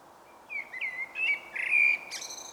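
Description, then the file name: Common blackbird singing a short phrase of fluty, warbled notes that slide up and down, ending in a sharp, squeaky high twitter. "Turdus merula"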